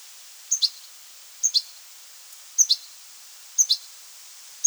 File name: Carduelis carduelis